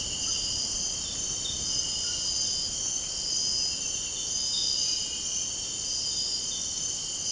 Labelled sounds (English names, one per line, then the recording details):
none
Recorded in dense forest near Puerto Asís, Putumayo, Colombia, on 18 February 2024 at 04:00
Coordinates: 0.486, -76.316
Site G6437